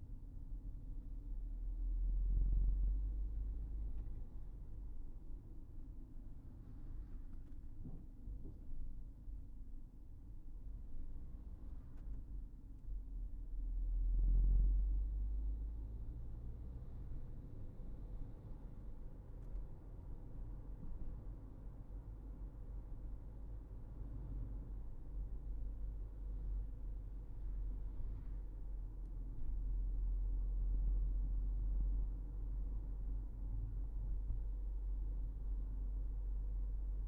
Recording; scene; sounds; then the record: everyday scene through a hearing-aid microphone; in a vehicle; engine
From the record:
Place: Berlingo II, diesel engine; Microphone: behind the ear, right, rear